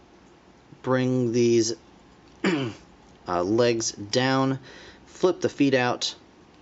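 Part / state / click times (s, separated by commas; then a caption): action figure leg into hip joint / not seated / none. Someone talks while handling a plastic transforming action figure, swinging the robot legs down into the hip joints and flipping the feet out. No clicks or impacts are heard over the voice, and nothing has seated or locked into place yet.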